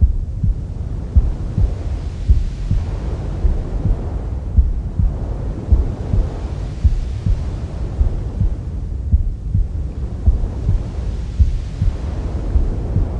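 Womb sounds: a deep, muffled whooshing hum sits low and steady, with soft rhythmic thumps of a heartbeat pulsing through it roughly every second. Faint hiss swells and recedes gently every few seconds, keeping the texture warm and unchanging.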